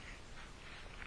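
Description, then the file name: Domestic cat purring, a deep continuous rumble with a light airy hiss over it. Kitten resting on a person's chest during meditation. "Meditation with a kitten on your chest"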